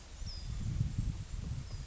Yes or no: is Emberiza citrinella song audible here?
no